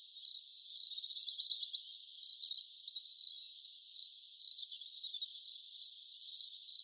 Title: Sylvain Jaskowiak - Animus. Grillon champêtre - Buoux, Vaucluse - mai 2010